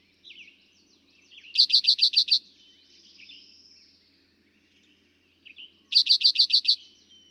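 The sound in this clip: Eastern Towhee song: a pair of loud, even trills of about seven fast notes, roughly four seconds apart, with quieter bird twitters between them.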